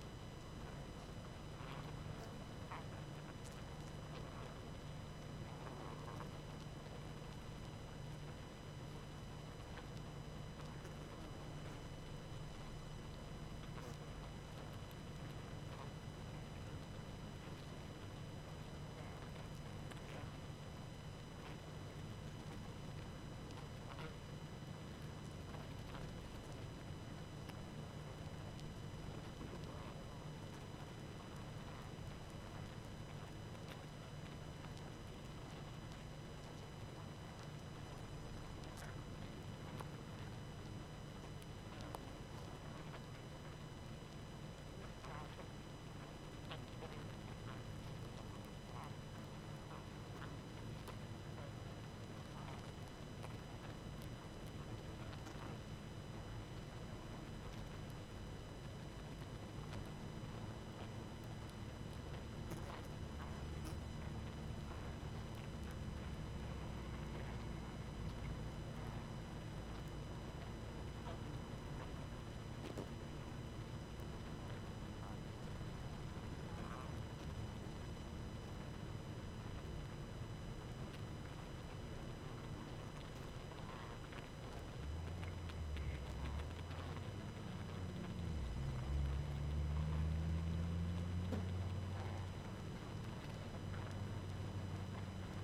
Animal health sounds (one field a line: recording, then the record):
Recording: honeybee colony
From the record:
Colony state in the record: active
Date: 12 June 2018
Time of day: 20:28